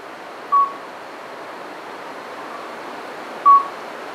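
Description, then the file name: Midwife toad calls as two brief, clear whistled beeps about three seconds apart, with constant hissing noise behind. "alytes"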